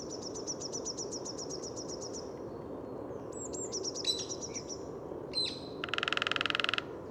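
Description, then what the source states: Lesser Spotted Woodpecker call: a quick, even series of many high, thin notes lasting about two seconds, then other chirps and a buzzy sound over a steady low city hum. Two calls heard, described as its little cry or little laugh; Bois de Vincennes, Thursday 14 February 2019, 8–10:30 am, sunny, 3–4 °C, city hum background; Nagra Seven, Telinga Pro7.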